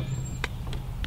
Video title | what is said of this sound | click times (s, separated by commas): Beretta ARX-100 Review, disassembly and magazine compatibility | charging handle click it back into place home | 0.4 s